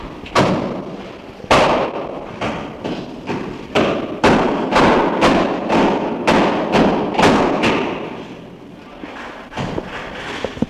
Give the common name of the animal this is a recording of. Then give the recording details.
Chimpanzee. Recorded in captivity. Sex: group. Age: diverse. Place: Tierpark Berlin, Berlin, DE. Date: 1966-10-05. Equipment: Tesla Uran. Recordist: unbekannt, keine Angabe